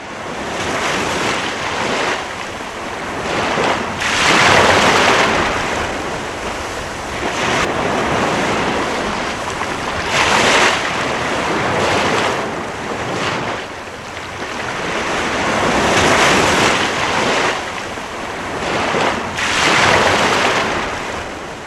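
ocean waves and surf

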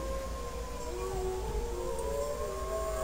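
wolf howling

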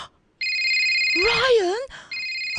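telephone ringing

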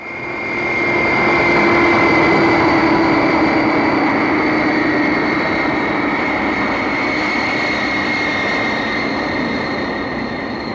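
airplane in flight

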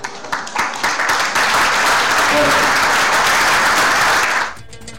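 applause

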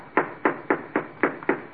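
knocking on a door

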